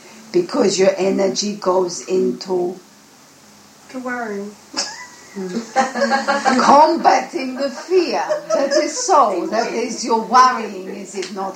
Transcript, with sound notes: because your energy goes into... Worrying! (everyone is laughing including) Combating the fear, that is so, that is your worrying is it not?